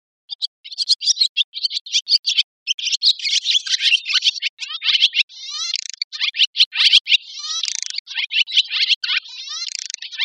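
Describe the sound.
Barn swallow twitter: rapid, high chirps mixed with thin slurred notes rising and falling, pouring out almost without a break.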